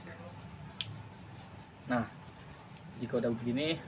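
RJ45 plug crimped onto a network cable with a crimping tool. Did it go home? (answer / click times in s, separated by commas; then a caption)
yes / 0.8 s. An RJ45 plug is crimped onto a network cable with a ratcheting crimping tool, and the tool gives a single sharp click at 0.8 s as it reaches the end of the crimp. Someone talks before and after the click.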